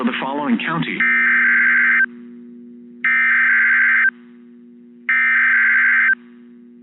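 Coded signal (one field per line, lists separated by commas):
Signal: Emergency Alert System (SAME) tones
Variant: header bursts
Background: speech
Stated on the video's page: NOAA Weather Radio EAS double header of a tornado warning and tornado watch update, from a Kansas City station.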